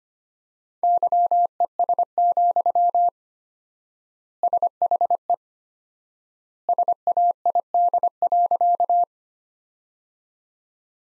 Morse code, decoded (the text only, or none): YES, SHE SAID.